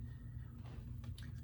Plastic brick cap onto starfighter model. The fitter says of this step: kind of locks into place which is nice